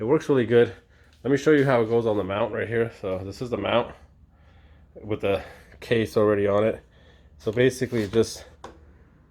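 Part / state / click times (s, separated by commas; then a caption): phone case into handlebar phone mount / seated / 8.6 s. Someone talks while a phone in its case is pushed up and then down onto a handlebar phone mount on a Ninja 400 motorcycle. A short tick is heard at 8.6 s as the case clip locks, seating the phone firmly in the mount.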